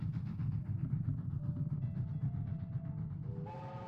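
A train rumbles steadily along the rails with a low, rolling clatter, then a bright, multi-toned whistle sounds over it near the end and holds.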